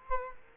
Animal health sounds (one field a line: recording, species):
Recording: mosquito wingbeat signal from an infrared sensor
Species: Culex quinquefasciatus